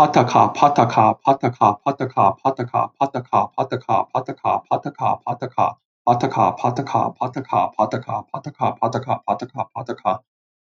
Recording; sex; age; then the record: repeated syllables /pa ta ka/; male; 20 to 29 years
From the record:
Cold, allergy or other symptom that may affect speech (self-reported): no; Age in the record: 24 years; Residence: New York, United States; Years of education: 16